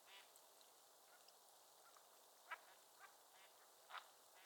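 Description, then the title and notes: Mallard quacks, a few short nasal bursts scattered through a steady soft hiss, with faint calls between them. Raft of at least 100 Mallards on the water of Otter Creek, Sleeping Bear Dunes National Lakeshore, very talkative during heavy snow, 26 January 2023, 10:00 AM. "A Morning on Otter Creek with a Raft of Ducks. a raft of Mallard Ducks. Nature is my Jam"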